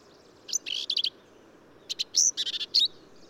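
Black-capped vireo song with rapid bursts of harsh, rattling notes and sharp whistled slurs, two phrase groups separated by a brief gap.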